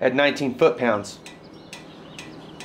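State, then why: Torque reached. A click-type torque wrench set to 19 foot-pounds is pulled on a bolt until it breaks over, after someone talks. A sharp metallic click at 1.7 seconds signals the bolt is torqued to spec. Two fainter, similar clicks follow at about 2.2 and 2.6 seconds.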